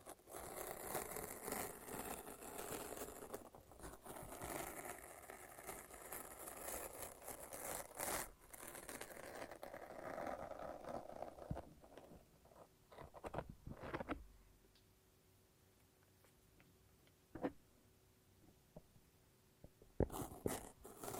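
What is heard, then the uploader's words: Sticky peeling and crackling, like a lint roller or tape pulling away, fills the first twelve seconds in a dense rustle. It then thins to quiet with a faint hum and scattered sharp ticks and tears, notably near 17 and 20 seconds. ASMR No Talking Satisfying Sticky Sounds (Lint Roller and Tape).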